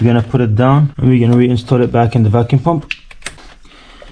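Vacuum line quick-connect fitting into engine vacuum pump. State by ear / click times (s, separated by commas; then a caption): seated / 3.1 s, 3.3 s. A plastic vacuum line quick-connect fitting is pushed back into the engine's vacuum pump on a BMW N20/N26 engine during a valve cover replacement. Someone talks for the first three seconds, then two sharp clicks are heard at 3.1 s and 3.3 s. The fitting seats and holds when pull-tested.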